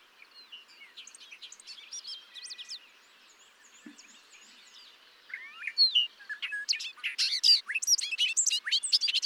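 Bobolink song: soft scattered notes at first, then a loud bubbling, tinkling jumble of rapid metallic notes and sweeps in the last few seconds.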